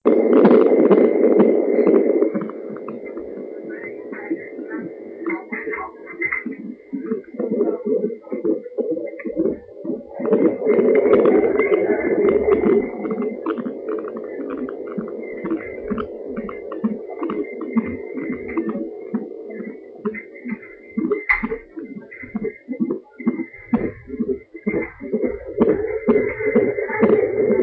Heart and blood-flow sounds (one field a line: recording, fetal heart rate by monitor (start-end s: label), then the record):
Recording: fetal heart sounds by stethoscope on the mother's abdomen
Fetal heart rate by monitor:
0.00-10.00 s: 120 bpm
10.00-20.00 s: 129 bpm
20.00-27.63 s: 132 bpm
From the record:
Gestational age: 38 weeks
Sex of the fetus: boy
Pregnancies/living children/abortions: 2/1/0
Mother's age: 30 years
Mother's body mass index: 31.1